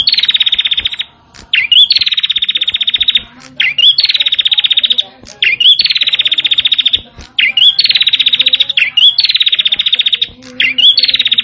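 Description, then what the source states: Prinia singing rapid, even, pulsed buzzy trills, each opened by a brief rising note, delivered in a steady series with short pauses between phrases. Song style called cemplir.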